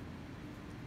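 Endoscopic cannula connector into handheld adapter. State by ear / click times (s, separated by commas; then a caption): not seated / none. The 3.5 mm connector of a MedGyn endoscopic cannula is being pushed into its handheld adapter, which it must go all the way into until it clicks and is secure. Only a steady, even low-frequency hum with no sharp transients is heard. Nothing has seated or clicked yet.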